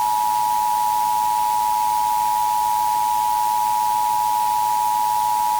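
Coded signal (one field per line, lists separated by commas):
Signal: Emergency Alert System (SAME) tones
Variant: 853 and 960 Hz attention tone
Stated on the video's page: Fictional alert scenario.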